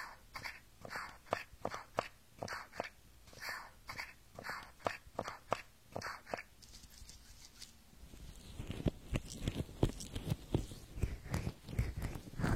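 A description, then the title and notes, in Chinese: An ear massage: crisp, crackling rubs come in a steady rhythm, roughly two per second, through the first six seconds. After about eight seconds the touching turns denser and heavier, with duller, fuller strokes and soft thumps blending into a continuous scratchy rustle. 耳朵按摩。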